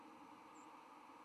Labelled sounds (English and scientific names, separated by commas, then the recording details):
White-throated Sparrow (Zonotrichia albicollis) flight call
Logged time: 05:07 on 10 November 2014